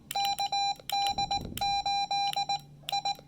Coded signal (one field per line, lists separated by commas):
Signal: Morse code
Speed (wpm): 19 wpm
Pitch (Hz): 810 Hz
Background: none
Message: KD8 I